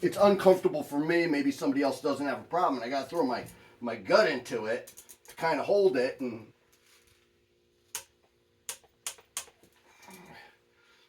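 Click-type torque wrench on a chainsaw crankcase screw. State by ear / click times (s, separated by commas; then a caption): torque reached / 8.0 s, 8.7 s, 9.1 s, 9.4 s. A click-type torque wrench tightens a screw on an MS460 chainsaw crankcase and clicks at its setting. Someone talks for the first six and a half seconds. Sharp clicks follow at 8.0, 8.7, 9.1 and 9.4 seconds as the wrench is clicked a couple more times after the first.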